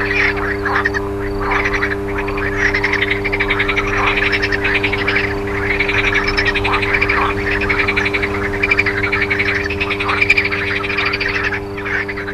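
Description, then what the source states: Frog: continuous chorus of many frogs, dense rattling croaks without pause, backed by a constant humming drone. Frogs recorded alongside a humming electrical transformer.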